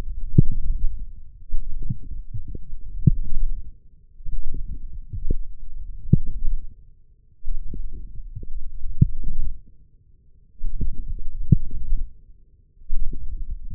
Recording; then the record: forearm muscle sounds (acoustic myography)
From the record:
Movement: forearm pronation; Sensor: system 1, eight BSWA MPA416 microphones around the upper forearm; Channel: 8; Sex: male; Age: 20 years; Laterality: left